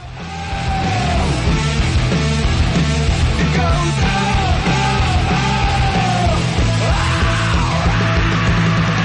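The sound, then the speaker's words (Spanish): A preview from a band's upcoming rock album: a loud, dense track with distorted guitars, pounding drums and raw screamed vocals that rise and bend in pitch, running steadily at full volume throughout. “Entre todo este griterío está la voz”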